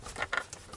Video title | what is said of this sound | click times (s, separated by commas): How to make your own DIY shift boot and ebrake boot | And that is latched. | 0.3 s